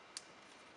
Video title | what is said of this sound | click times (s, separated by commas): Upgrade Your C8 Corvette With A Killer New Exhaust System! | Okay, there's that click. Perfect. | 0.2 s